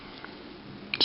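An internal lip part is inserted right side first into an M14/M1A rifle magazine body during reassembly, then snapped in. After a quiet stretch with a faint tick at 0.2 s, a sharp click at 0.9 s marks the part seating, followed by a brief rattle at the end.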